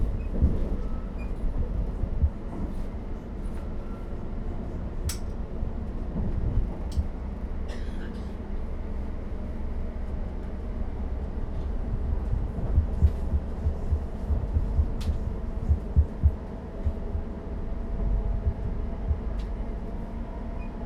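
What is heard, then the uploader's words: A commuter train carries its passengers along with a steady low rumble that fills the whole clip. Short sharp clicks and knocks from the carriage come through every few seconds, strongest near 5, 7.5, 13 and 15 seconds, and faint voices surface now and then. Captured on an early morning commuter train. The train is about half full of people making their way into work.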